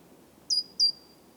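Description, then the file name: Great tit call: two quick, very high, thin notes falling slightly in pitch, about a third of a second apart, over a faint low rumble. "Parus major"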